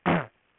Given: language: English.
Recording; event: throat vibration sensor signal played as sound; throat clearing